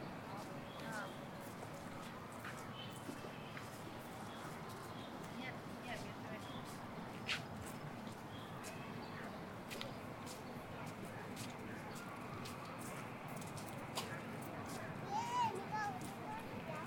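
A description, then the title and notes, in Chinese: At Ditan in Beijing, a dense, steady murmur of many voices runs through the whole stretch, dotted with frequent short clicks and knocks, a sharper one near 7 seconds. Around 15 seconds a brief wavering chirp rises above the chatter. 北京地坛。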